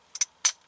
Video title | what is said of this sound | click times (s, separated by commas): window switch pontiac g8 | pops into place | 0.5 s